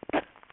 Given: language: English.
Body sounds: throat vibration sensor signal played as sound; cough

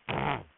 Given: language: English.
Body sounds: throat vibration sensor signal played as sound; throat clearing

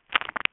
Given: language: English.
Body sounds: throat vibration sensor signal played as sound; swallow

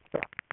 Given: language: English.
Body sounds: throat vibration sensor signal played as sound; swallow

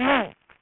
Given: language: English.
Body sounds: throat vibration sensor signal played as sound; throat clearing

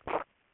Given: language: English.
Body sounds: throat vibration sensor signal played as sound; swallow

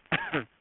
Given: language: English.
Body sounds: throat vibration sensor signal played as sound; cough

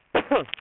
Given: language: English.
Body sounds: throat vibration sensor signal played as sound; cough

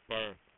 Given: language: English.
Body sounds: throat vibration sensor signal played as sound; speech

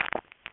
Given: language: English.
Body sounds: throat vibration sensor signal played as sound; swallow

